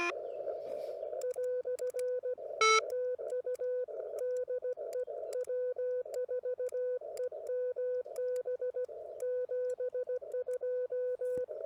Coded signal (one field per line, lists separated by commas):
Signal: Morse code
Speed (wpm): 16 wpm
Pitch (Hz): 500 Hz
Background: none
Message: " TU DE W4EMB 72